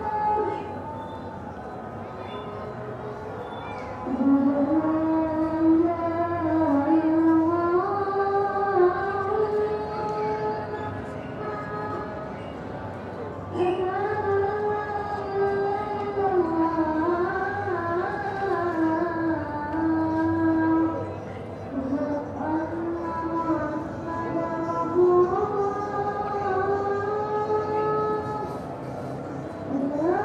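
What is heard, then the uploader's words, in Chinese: A single voice chants the evening call to prayer over a city in East Java, singing long, wavering phrases that bend up and down in pitch. Brief pauses fall near 13 and 21 seconds, while a steady low traffic rumble runs underneath. Urban Soundscapes - East Java, call to evening prayers in Surabaya recorded by Nigel Brown。東爪哇泗水市區的街巷空間，以及正值穆斯林晚間拜禱時刻的聲音風景。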